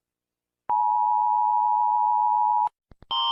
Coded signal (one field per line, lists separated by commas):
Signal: Emergency Alert System (SAME) tones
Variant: 853 and 960 Hz attention tone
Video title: Rating EAS Alarms Rebooted!